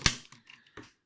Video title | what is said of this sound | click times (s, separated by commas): Centurions Detonator review. | Nice satisfying click there. | 0.1 s